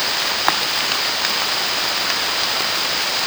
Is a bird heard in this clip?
no